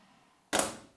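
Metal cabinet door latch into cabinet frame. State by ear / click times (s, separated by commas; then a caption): not seated / none. A heavily loaded, five-year-old NewAge Pro metal garage cabinet door is shut, and after a quiet stretch a sharp, broadband double impact hits at about 0.6 s, then rings and fades over roughly half a second. Because the cabinet has flexed and tweaked under the weight, the top of the door does not latch into the frame; nothing has latched.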